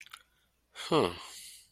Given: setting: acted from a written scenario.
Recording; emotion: vocal sound without words; shame